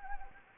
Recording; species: mosquito wingbeat signal from an infrared sensor; Anopheles gambiae